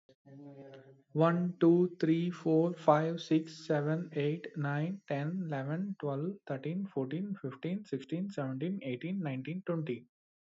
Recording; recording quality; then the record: counting at a normal pace; moderate, slight background noise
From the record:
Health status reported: respiratory illness, not identified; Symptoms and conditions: chronic lung disease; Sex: male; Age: 26 years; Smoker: not ticked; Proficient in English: yes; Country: India